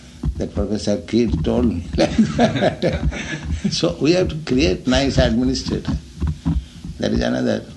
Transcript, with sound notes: that Professor Kidd told me like that. [laughs] So we have to create nice administrator. That is another